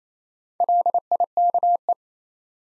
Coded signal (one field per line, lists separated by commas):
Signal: Morse code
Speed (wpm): 28 wpm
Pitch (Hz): 700 Hz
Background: none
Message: LIKE